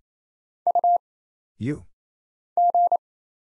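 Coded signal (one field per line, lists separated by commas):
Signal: Morse code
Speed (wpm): 27 wpm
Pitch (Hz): 700 Hz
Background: none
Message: UG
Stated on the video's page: Morse single-character drill at 28 wpm of letters, numbers, punctuation and prosigns for instant character recognition, each character sent twice.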